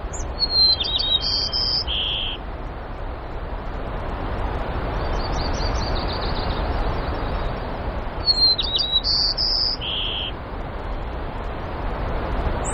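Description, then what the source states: White-crowned sparrow song given twice about eight seconds apart, each whistled notes followed by buzzy notes. Recorded in Denali, Alaska, on the morning of 12 May 2016.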